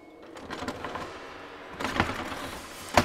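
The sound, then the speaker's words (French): Door handles rattle and clunk as someone tries three locked doors in a vestibule, a few jiggling bursts of metallic noise with no voices, ending in a short sharp click. “Toutes verrouillées, il doit bien y avoir...”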